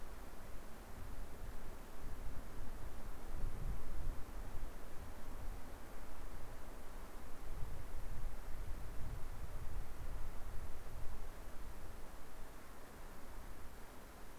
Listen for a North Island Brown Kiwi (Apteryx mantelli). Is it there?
no